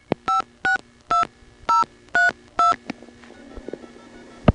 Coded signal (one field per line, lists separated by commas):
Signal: DTMF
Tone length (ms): 150 ms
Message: 562032